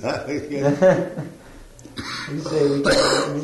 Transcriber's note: laughter